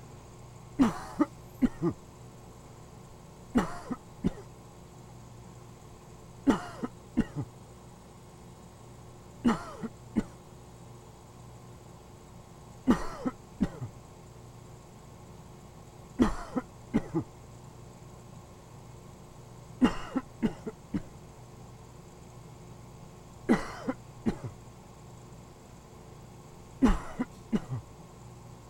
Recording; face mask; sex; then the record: voluntary coughing; surgical mask; male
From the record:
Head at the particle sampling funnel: turned sideways, cheek in front of it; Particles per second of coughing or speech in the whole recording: 3.63